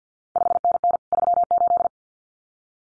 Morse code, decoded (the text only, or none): 5NN 38